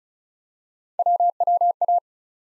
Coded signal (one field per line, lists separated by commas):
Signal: Morse code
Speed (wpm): 36 wpm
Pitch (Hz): 700 Hz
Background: none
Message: WWA